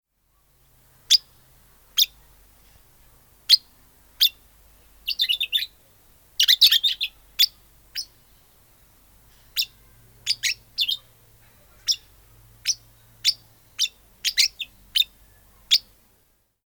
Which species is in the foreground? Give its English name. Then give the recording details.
Golden-shouldered Parrot. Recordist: Tembrock, Günter. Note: Rufe eines Paares